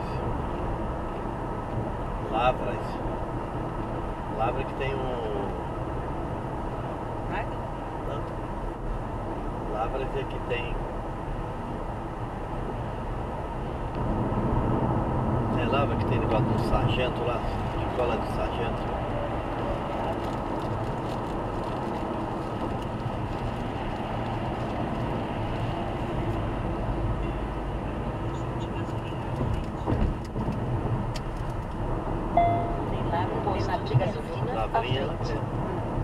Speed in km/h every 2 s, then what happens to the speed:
99, 96, 96, 93, 91, 90, 87, 94, 96, 97, 94, 92, 89, 89, 87, 87, 87, 85.
0-9 slows to 90. 9-19 speeds up to 97. 19-36 slows to 85.